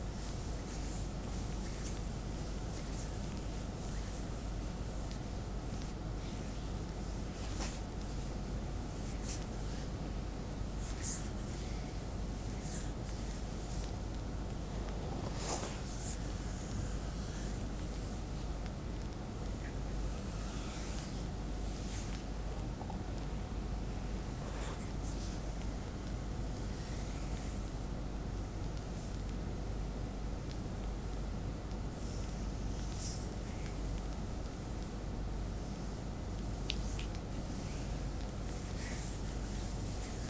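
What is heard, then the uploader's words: A fire massage is heard as a steady, dense roar with a low rumble underneath and a soft airy hiss on top, unchanging in loudness for the whole stretch. Brief light ticks and crackles break through now and then, around 7, 11, 15, 25 and 37 seconds. ASMR Chinese Fire Massage.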